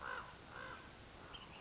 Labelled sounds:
California Towhee (Melozone crissalis)
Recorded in Sonoma County, California

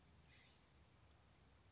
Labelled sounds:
California Scrub-Jay (Aphelocoma californica)
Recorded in Sonoma County, California

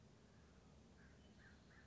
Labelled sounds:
American Crow (Corvus brachyrhynchos)
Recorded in Sonoma County, California

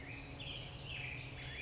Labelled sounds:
Chestnut-backed Chickadee (Poecile rufescens)
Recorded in Sonoma County, California

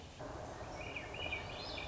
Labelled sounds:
Swainson's Thrush (Catharus ustulatus)
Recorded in Sonoma County, California

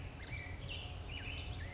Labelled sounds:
California Quail (Callipepla californica)
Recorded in Sonoma County, California

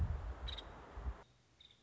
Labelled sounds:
Nuttall's Woodpecker (Dryobates nuttallii)
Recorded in Sonoma County, California

